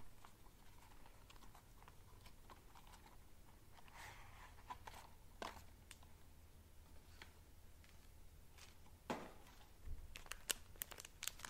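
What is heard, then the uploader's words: Blind boxes are unboxed with scattered sharp clicks and taps of handled packaging, plus a brief rustle around four seconds. A steady low hum runs underneath, and the handling grows busier and louder near the end, with a quick burst of crisp snaps. ASMR Unboxing Cute Blind Boxes.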